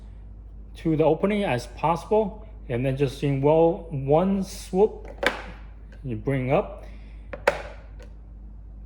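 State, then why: Seated. Someone talks while a filled plastic water canister is brought up to the opening of a Munchkin bottle warmer base in one swoop and closed into it. A sharp click at 7.5 s marks the canister seating in place.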